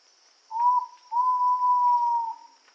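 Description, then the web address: Ivory-breasted pitta call: a brief whistled note, then a drawn-out, even whistle slightly falling at the end, with a constant high insect hum behind. Indonesia. "ULM-DS-Lab indonesian-bird-sounds. Pitta maxima"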